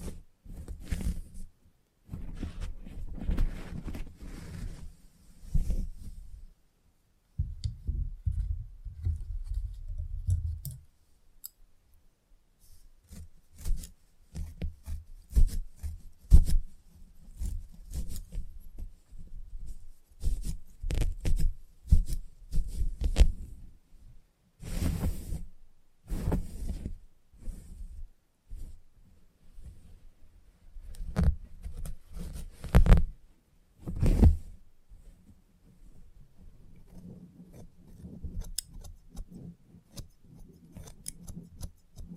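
Salon haircut sounds: irregular runs of soft clicks and rubbing, low thumps that come and go in uneven bursts. A brief quiet gap falls near eleven seconds, and sharper, brighter crackling bursts stand out around 25 and 33 seconds.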